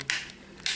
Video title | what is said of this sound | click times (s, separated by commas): Test video iOcean X7 Elite en français | ça se clipse relativement bien, c'est bourré de clips. | 0.1 s, 0.7 s